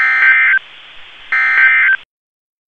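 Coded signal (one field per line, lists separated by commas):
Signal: Emergency Alert System (SAME) tones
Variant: end-of-message bursts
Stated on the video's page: Required weekly tests on NOAA weather radio stations KEC65, WXJ88 and WNG676, served by the Twin Cities National Weather Service office.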